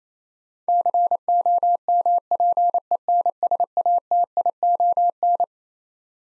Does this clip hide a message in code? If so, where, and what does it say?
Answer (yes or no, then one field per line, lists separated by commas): yes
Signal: Morse code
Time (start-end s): 0.7-5.4 s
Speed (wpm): 28 wpm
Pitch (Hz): 700 Hz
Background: none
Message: COMPENSATION